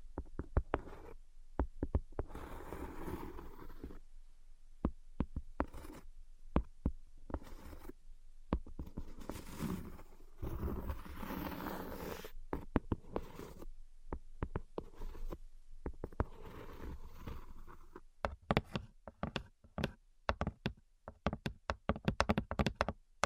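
Invisible tapping and scratching: sharp, quick taps scatter across the whole recording, interrupted by longer rough scratching passes around 2–4, 9–12 and 15–18 seconds. The final stretch turns into rapid, crisp tapping with low thuds underneath.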